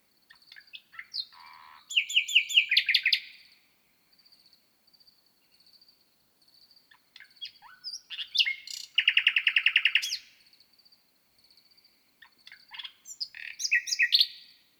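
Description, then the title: Common nightingale song with loud rapid pulsed trills and fast repeated notes, separated by short quiet gaps with soft notes. Singing in the night before dawn on 6 May 2018 on a plateau at 1000 m altitude in Lesches-en-Diois, Drôme, France; microphones set at the foot of a bush. "naturophonie. Rossignol 2018"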